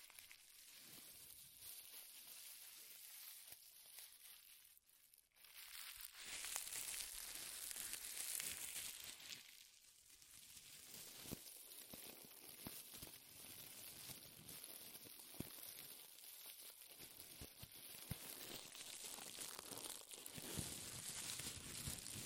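Powerful crinkling, like plastic or foil being crushed and worked by hand, runs through the whole clip as dense, crackling bursts. A brief pause near five seconds breaks it, then it swells louder and brighter around six to nine seconds before continuing unevenly to the end.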